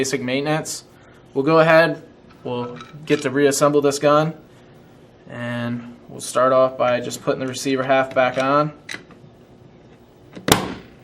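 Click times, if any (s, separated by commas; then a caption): 10.5 s. Someone talks while reassembling a Tippmann US Army Project Salvo paintball marker and presses the second receiver half shell back onto the marker body. After a quiet pause, a sharp, loud snap at 10.5 s marks the receiver half seating into place.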